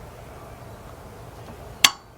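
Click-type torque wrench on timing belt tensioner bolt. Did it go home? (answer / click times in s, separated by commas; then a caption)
yes / 1.8 s. A click-type torque wrench is pulled on the timing belt tensioner bolt of a 2002 Dodge Stratus 2.4 during a timing belt and water pump job. After a low, steady background, a single sharp metallic click rings out at 1.9 s and fades quickly. The wrench has clicked at its setting, confirming the bolt is torqued.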